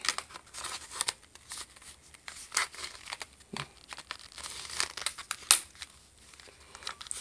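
A detachable plastic game controller slides along the side rail of a handheld game console tablet. Soft crinkly and scraping handling noises lead up to a sharp click at 5.5 s as the first controller latches and seats onto the console.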